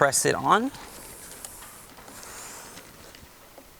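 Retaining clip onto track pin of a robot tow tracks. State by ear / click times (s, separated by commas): not seated / none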